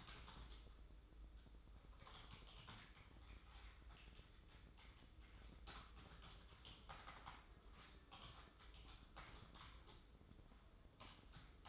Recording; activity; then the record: daily activity, microphone in the room; typing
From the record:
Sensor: 3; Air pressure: 995.3 hPa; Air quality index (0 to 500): 78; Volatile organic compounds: 6 ppm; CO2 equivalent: 1845 ppm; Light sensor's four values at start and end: 20/60/25/23 and 20/60/25/23